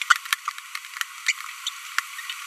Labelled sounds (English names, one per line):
Green-rumped Parrotlet babbling